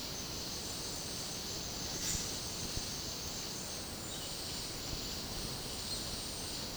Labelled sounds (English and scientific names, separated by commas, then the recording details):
none
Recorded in dense forest near Puerto Asís, Putumayo, Colombia, on 19 February 2024 at 10:00
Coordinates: 0.503, -76.322
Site G6418